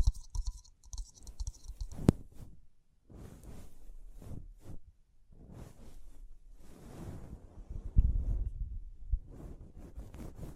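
Scratching and brushing sounds come in irregular bursts, each swelling and fading within about a second, with a rough, airy texture like rustling. Sharp taps land near two and eight seconds, and a faint high crinkle shows in the opening seconds.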